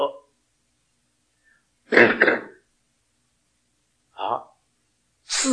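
Adult man with a cold and a cough. Cough with throat clearing.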